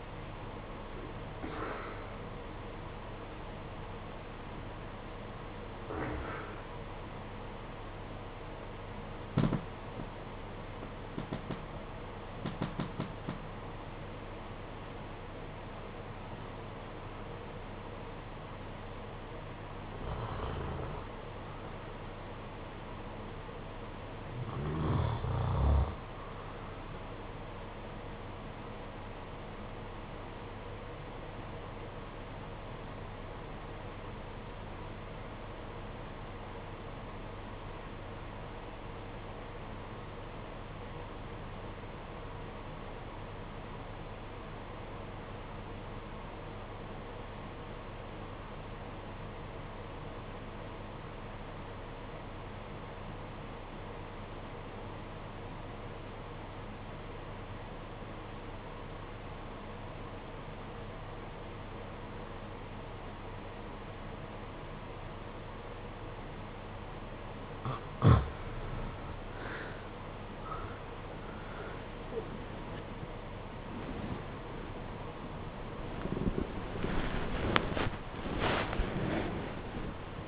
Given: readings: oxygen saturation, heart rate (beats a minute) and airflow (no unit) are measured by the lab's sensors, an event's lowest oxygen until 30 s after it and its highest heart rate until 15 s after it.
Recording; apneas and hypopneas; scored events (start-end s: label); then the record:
breathing in sleep by a voice recorder at the bedside; 1
29.00-69.10 s: obstructive apnea (REM, oxygen 96% highest, then 73% lowest, heart rate 55 at the start, 91 highest)
From the record:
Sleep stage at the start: REM sleep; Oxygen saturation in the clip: 72 to 96%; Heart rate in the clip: 48 to 90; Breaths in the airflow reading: 10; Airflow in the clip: -9.3 to 14.1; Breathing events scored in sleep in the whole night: 476 in 9.7 hours asleep